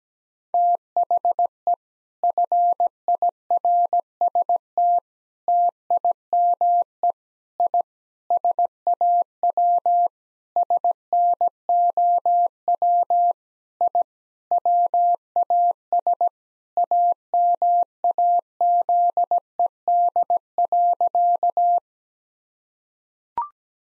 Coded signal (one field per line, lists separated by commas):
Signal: Morse code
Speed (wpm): 17 wpm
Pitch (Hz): 700 Hz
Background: none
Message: THE FIRST TIME I SAW SNOW I WAS AMAZED.